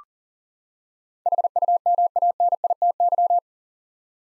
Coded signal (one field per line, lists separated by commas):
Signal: Morse code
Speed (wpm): 40 wpm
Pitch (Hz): 700 Hz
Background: none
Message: HUMANITY